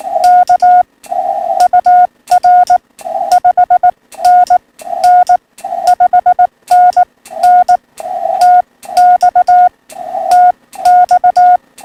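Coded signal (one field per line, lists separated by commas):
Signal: Morse code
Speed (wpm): 18 wpm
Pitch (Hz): 720 Hz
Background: none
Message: K UR 5NN 5NN TX TX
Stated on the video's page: POTA hunting on FTDX10 at 80 watts, 71 ft end-fed antenna.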